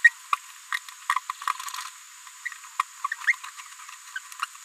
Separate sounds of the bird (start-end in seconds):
0.04-0.11, 0.72-0.78, 1.09-1.19, 2.79-2.82, 3.04-3.07, 3.11-3.15, 3.59-3.61, 4.15-4.19